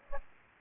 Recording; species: mosquito wingbeat signal from an infrared sensor; Aedes aegypti